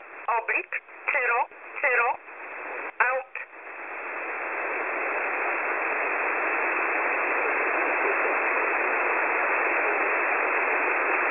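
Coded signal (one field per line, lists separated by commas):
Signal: numbers station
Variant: E11 Oblique, English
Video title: E11 Oblique 01/01/2024 1045 UTC 11100kHz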